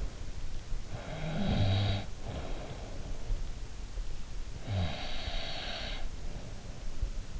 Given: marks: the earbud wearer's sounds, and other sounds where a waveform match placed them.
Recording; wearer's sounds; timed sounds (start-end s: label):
sounds in sleep by an in-ear microphone; snoring breath
0.90-3.05 s: snoring breath
4.62-6.88 s: snoring breath